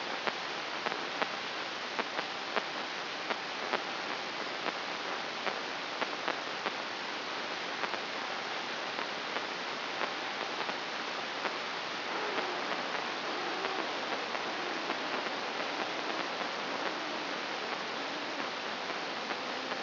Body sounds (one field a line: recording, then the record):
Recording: brain microelectrode recording played as sound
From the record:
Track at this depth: inside the subthalamic nucleus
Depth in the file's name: 5.337 mm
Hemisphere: right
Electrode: 2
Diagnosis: Parkinson's disease